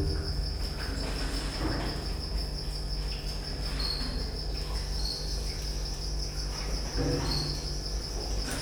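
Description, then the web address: Cricket chirping in a continuous high trill that briefly dips in pitch a few times, with occasional soft knocks and low hum beneath. Recorded at Győr zoo in 2014 with professional equipment; an insect near the left microphone, electrical equipment; still-life scene. "allathangok gyorizoo 2014 professzionalis gallerospavian balmikrofonnalegyrovar elektromosberendezes tucsok csendelet"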